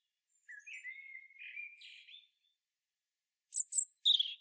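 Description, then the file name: European robin song: a soft warbling phrase that wavers and rises, a pause, then a few sharp, very high thin notes. "Erithacus rubecula"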